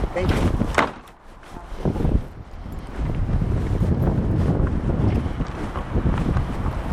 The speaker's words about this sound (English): Oh, the wind is strong.